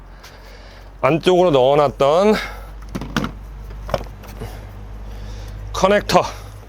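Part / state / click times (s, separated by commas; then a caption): grey-locked electrical connector onto its engine-bay socket / not seated / none. During reassembly after a belt and damper pulley job, a grey-locked electrical connector is handled near its engine-bay socket while someone talks. Short handling taps and knocks are heard between about 2.8 and 3.9 s. Nothing has seated or clicked yet.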